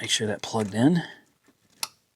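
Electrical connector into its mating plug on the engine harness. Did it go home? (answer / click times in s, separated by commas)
yes / 1.8 s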